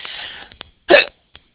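A single sharp, voiced hiccup sounds about a second in, a short gulping burst, followed by a faint click. Fading breath noise comes before it. The sudden catch of sound is typical of a hiccup, where the vocal cords snap shut after an abrupt diaphragm spasm. The hiccup comes from an adult.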